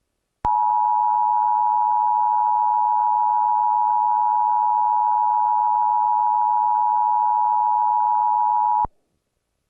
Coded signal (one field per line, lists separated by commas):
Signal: Emergency Alert System (SAME) tones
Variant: 853 and 960 Hz attention tone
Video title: EAS Tornado Warning (EAS 1,150) NWS Quad Cities WXJ73 162.550 on Dec 10, 2021